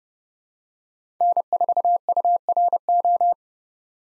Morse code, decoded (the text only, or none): N4URO